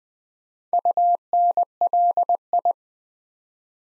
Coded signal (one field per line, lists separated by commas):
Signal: Morse code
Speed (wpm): 20 wpm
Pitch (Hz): 700 Hz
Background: none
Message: UNLI